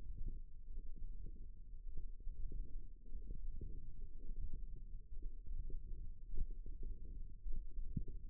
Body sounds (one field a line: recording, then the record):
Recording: forearm muscle sounds (acoustic myography)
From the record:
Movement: index flexion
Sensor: system 1, eight BSWA MPA416 microphones around the upper forearm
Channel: 8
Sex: female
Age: 21 years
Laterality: right